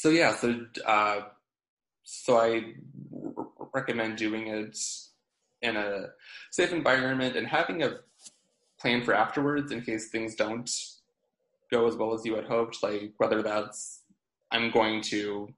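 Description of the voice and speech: Adult male speaker who stutters, with a part-word repetition ("r- recommend"), prolonged vowels, interjections and frequent pauses in connected conversational speech. He has had years of speech therapy and describes physical tension and getting stuck on blocks; his aim is to be struggle free rather than stutter free.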